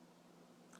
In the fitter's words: and you pull on it and you hear it snap right out